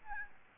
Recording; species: mosquito wingbeat signal from an infrared sensor; Aedes albopictus